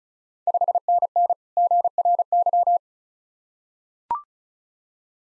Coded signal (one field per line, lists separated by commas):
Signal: Morse code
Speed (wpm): 36 wpm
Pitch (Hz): 700 Hz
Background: none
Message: 5NN GRY